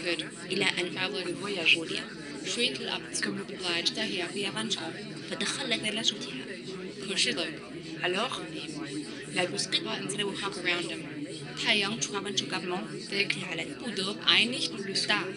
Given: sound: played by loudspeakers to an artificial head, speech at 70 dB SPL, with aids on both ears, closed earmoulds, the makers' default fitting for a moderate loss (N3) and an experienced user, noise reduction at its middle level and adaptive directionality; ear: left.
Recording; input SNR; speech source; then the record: speech test signal (ISTS) in cocktail-party noise; -3 dB; in front (0 degrees)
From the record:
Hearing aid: class 2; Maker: B